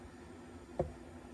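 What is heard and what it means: A wood screw is turned counterclockwise, with only the weight of the screwdriver on it, in an existing screw hole in the body of a 1958 Stratocaster guitar. Against a quiet background, a single small, sharp click sounds at 0.8 s as the screw's thread start drops into the old thread. The screw is seated in the original threads, so it will go back exactly where they were without stripping the hole.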